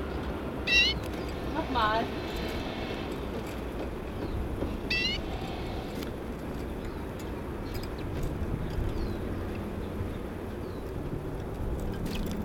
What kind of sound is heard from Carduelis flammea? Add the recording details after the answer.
call. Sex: male. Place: Bergen, Insel Rügen, Mecklenburg-Vorpommern, DE. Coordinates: 54.415, 13.426. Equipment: Nagra III BH, Sennheiser MD 21. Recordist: Schubert, Michael. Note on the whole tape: Birkenzeisig ( Männchen ad., Mischform von fl.flammea und hornemanni exilipes) dazu Gesellschaft v. Wildvögeln, am Lockkäfig; "tschütt-tschütt" u. Warnlaute des gef. Vogels